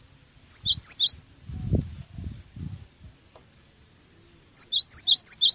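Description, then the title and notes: Cinereous tit song: a short run of high paired notes, a few low thuds in between, then another bright bout of several repeated two-note phrases. Tutor song (masteran) used to train caged songbirds. "Masteran Gelatik Batu. burung gelatik"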